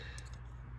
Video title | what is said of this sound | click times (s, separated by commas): Old tools that work & New tools that don’t | right there it makes a nice positive click you know that it has unlatched | 0.2 s